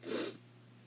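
One short, explosive, voiced sneeze from an adult woman, lasting about a third of a second, over a faint steady background hum.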